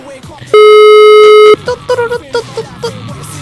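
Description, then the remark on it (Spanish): A telephone busy signal on a call to a grocery store that does not connect: one loud, steady, buzzy tone lasting about a second, with faint speech around it and people talking afterward. “A ver si cae. Seguimos intentando comunicarnos con el abasto.”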